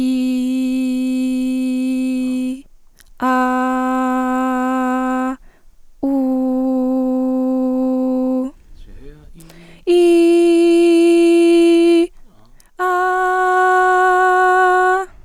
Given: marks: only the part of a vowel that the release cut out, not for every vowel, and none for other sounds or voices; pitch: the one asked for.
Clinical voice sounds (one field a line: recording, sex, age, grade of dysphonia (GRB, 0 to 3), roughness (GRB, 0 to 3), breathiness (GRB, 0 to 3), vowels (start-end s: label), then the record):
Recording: sustained vowels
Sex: female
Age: 20 to 29 years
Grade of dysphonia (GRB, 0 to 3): 0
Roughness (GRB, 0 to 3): 0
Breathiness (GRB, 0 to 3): 0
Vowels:
0.00-1.65 s: vowel /i/, normal pitch
3.29-5.24 s: vowel /a/, normal pitch
6.27-8.26 s: vowel /u/, normal pitch
9.97-11.96 s: vowel /i/, high pitch
12.89-14.88 s: vowel /a/, high pitch
From the record:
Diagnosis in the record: healthy voice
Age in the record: 23 years